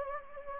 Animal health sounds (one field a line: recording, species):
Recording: mosquito wingbeat signal from an infrared sensor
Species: Anopheles gambiae